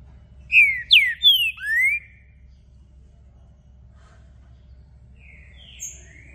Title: ESQUENTAR Seu TRINCA Piando, Cantando E Macheando Na DISPUTA. Trinca Ferro VALENTE! VIRANDO VARIOS TIPOS DE CANTOS!! ABRIR O CANTO!!